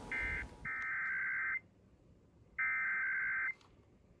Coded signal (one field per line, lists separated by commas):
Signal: Emergency Alert System (SAME) tones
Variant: header bursts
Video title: Early morning Arizona RMT (EAS# 111-112)